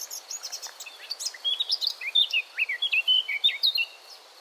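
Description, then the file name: Eurasian blackcap song, a rapid string of rising and falling whistled notes, rich and fluty, delivered in a brisk, uneven rhythm. "Sylvia atricapilla"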